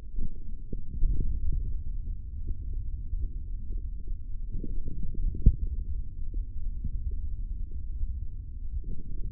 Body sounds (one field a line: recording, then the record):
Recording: forearm muscle sounds (acoustic myography)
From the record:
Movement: hand closing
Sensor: system 3, bracelet of six PUI Audio POM-2738L microphones around the upper forearm, with dedicated amplification and filtering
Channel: 3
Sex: male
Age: 23 years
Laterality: right